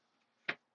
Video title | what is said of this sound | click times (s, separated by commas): VAN TOUR - Custom Van Build in Sprinter 170" EXT with roomy shower & toilet - Rossmönster Vans - 131 | this slides down and locks in place | 0.5 s